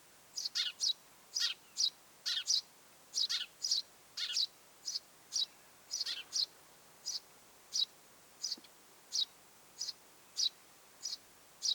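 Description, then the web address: Eurasian tree sparrow chirps: a dense volley of high chirps at first, then single chirps spaced more evenly. Mother with nestlings in the nest; recorded 25 July 2026. "25 7 2026 pikkuvarpusemo ja poikaset pesassa"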